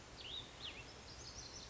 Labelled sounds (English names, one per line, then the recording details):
Cassin's Vireo
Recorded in Sonoma County, California